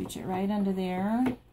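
A hooped towel is slid under the needle of an embroidery machine while someone talks. The embroidery hoop is being handled toward the machine's carriage, but nothing has seated or clicked yet. A hoop that doesn't click onto the carriage isn't attached and will shift.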